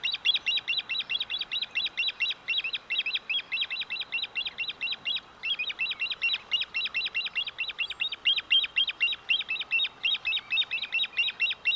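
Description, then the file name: Western grebe calls: a long, steady run of rapid, high, grating double notes, several every second. "Western Grebe - Aechmophorus occidentalis"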